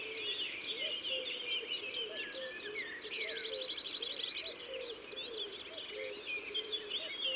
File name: Bruant zizi